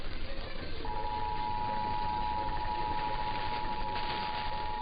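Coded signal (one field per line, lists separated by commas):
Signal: Emergency Alert System (SAME) tones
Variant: 853 and 960 Hz attention tone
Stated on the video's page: EAS tests received from multiple monitoring stations.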